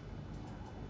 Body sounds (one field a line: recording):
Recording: background sound without coughing